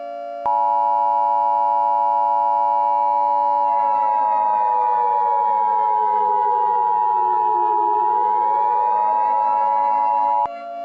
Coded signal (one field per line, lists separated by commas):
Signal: Emergency Alert System (SAME) tones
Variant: 853 and 960 Hz attention tone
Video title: EAS Scenario - Vampire Hunters (Part 2)